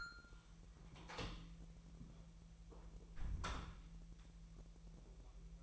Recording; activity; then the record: daily activity, microphone in the room; close door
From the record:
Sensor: 1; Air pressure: 1001.4 hPa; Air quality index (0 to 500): 249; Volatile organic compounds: 126 ppm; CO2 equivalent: 3910 ppm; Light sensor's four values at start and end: 13/31/13/14 and 13/31/13/14